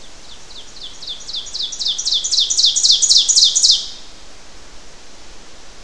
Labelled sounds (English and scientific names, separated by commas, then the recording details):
Ovenbird (Seiurus aurocapilla) song
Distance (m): 10 m
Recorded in boreal forest in Alberta, Canada, on 12 June 2016 at 06:08
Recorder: SongMeter 3, array SBT-3-18
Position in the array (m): 229 m, 89 m
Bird 31